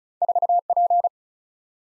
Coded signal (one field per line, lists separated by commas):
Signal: Morse code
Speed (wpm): 36 wpm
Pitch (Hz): 700 Hz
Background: none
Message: 4P